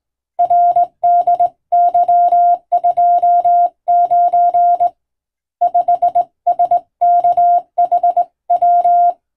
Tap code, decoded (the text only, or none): none